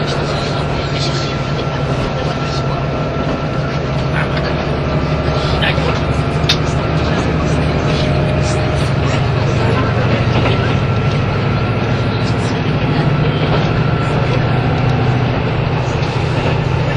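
A KiHa 85 series diesel train on the Hida No. 1 service, its engine holding a steady low drone for the whole stretch with a thin, constant whine above it. Scattered clicks and knocks come through, and faint voices murmur underneath.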